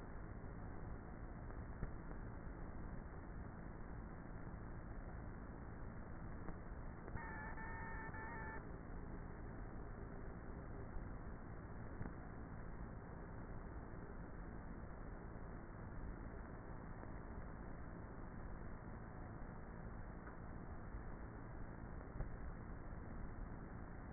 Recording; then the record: honeybee colony, microphone inside the hive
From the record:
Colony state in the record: queenless with a low population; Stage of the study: before two queens were removed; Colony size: about 30,000 bees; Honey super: no